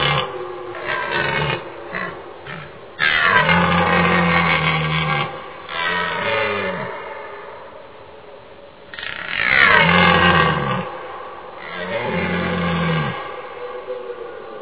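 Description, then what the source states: Red deer stag roaring: several long, deep, rough bellows separated by pauses. Stag bellowing during the rut.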